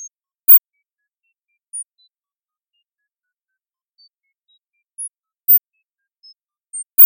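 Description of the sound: Sparse, brief, soft pure tones at shifting high pitches, a 0 dB demo: a simulated sound-therapy demo for hyperacusis.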